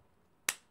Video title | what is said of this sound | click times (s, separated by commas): Fragrance Haul (Lattafa and other Middle Eastern houses) | clicks into place though | 0.5 s